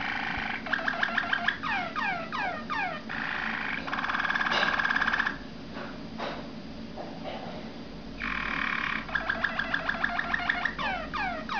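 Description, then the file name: Waterslager canary song: series of sweeping falling whistles alternating with dense bubbling trills, a short quiet gap, then trills and sweeps again. "malinois waterslager omkicau"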